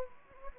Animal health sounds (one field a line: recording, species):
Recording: mosquito wingbeat signal from an infrared sensor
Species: Anopheles gambiae